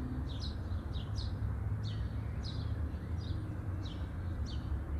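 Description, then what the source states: Birds chirping, quick high notes, some doubled, repeated at irregular short intervals above a heavy low drone. Birds chirping at midday.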